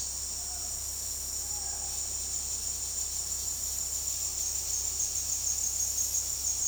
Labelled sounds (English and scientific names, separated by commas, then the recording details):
none
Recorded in secondary vegetation near Puerto Asís, Putumayo, Colombia, on 19 February 2024 at 16:00
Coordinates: 0.489, -76.322
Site G6419